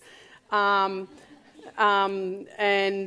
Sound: laughter